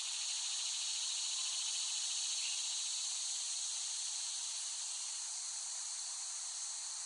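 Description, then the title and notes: Cicadas buzzing in a dense unbroken chorus, a bright sizzling drone steady from start to finish. Cicadas recorded in West Brighton, Staten Island, late summer 2008. "The Cicadas of Summer. Recording of cicadas made by Dan Bodah in West Brighton, Staten Island, late summer 2008"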